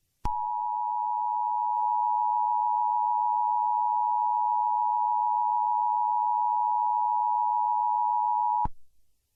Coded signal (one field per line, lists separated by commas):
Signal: Emergency Alert System (SAME) tones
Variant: 853 and 960 Hz attention tone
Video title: EAS Mock #12 - Chemical Spills